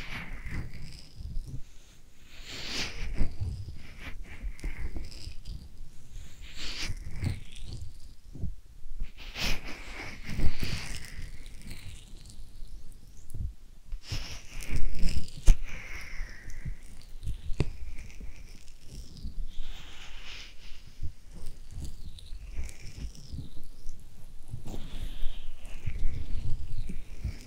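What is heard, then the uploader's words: Ear massage sounds: soft rubbing and brushing strokes sweep back and forth in uneven waves, with a bright, hissy texture and a muffled low thump under each pass. Denser, louder swells arrive around 10 and 15 seconds, with quieter patter between. ASMR Ear Massage.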